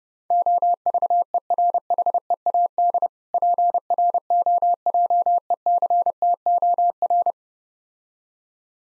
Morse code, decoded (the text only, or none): OVERHEAD PROJECTOR